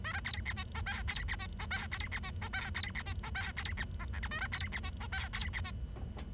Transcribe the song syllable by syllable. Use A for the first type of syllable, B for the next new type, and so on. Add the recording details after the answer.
A B C D E F G C D E F G C D E F G C D E F G C D H I J A B C D E F G C D E. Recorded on 23 June 2012 at 08:58. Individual gr41rd51